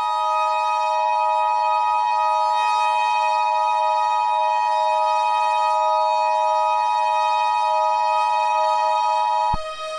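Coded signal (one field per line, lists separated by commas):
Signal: Emergency Alert System (SAME) tones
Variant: 853 and 960 Hz attention tone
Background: music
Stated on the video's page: Fictional EAS scenario with simulated alerts, including hijack warnings and a global alert.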